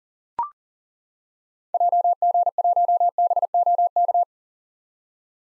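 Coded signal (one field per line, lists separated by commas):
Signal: Morse code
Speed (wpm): 40 wpm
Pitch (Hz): 700 Hz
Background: none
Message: JG1BOK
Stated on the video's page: Head-copy practice of common SOTA activator call signs at 40 wpm.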